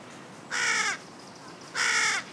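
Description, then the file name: Carrion crow giving two harsh, hoarse caws about a second and a quarter apart, each lasting under half a second, over a quiet background. "Corvus corone"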